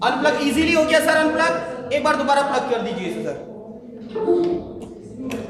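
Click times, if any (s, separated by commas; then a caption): 5.3 s. After being unplugged by pressing its clip, a multi-pin cable connector (5 pins on top, 4 on the bottom, red matched to red and black to black) is plugged back into the socket of a voting machine unit while someone talks. A short, sharp click is heard at 5.3 s as the connector seats in place.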